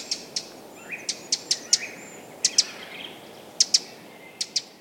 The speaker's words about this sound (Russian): Немножко похожа позывка у крапивника чуть-чуть. Вот можно тоже послушать.